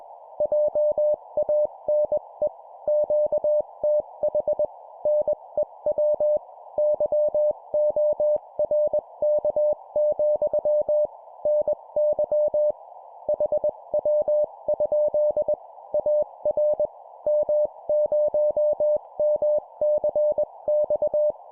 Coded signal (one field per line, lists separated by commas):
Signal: Morse code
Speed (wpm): 21 wpm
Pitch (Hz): 600 Hz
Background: none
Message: JANE QTH NEW YORK, NY HW? AR M0MCX